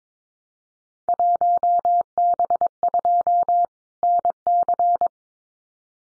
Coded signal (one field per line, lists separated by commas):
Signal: Morse code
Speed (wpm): 22 wpm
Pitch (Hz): 700 Hz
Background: none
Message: 1B2 NC